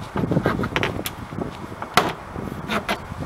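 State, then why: Released. A screwdriver pries the door trim panel off a Ford Windstar van door, which is being worked on because the door-ajar warning keeps the dome lights on. Scraping and prying noises lead to a sharp snap at 2.0 s as a plastic retaining clip pops out of the panel. One clip snaps off as the trim is released.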